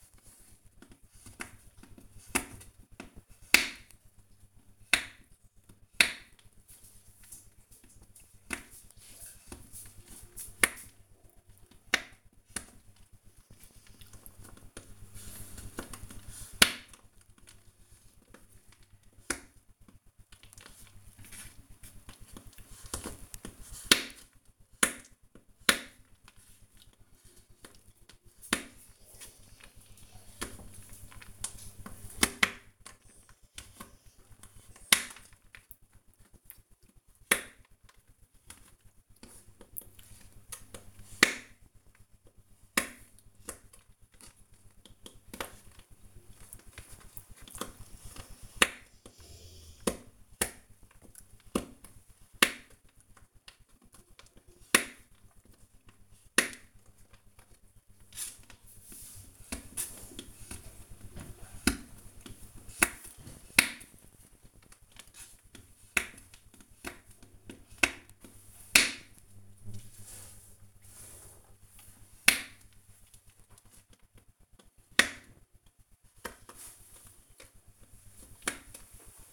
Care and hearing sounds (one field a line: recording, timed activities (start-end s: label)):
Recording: household activities, microphone on the right wrist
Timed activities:
0.00-79.33 s: baking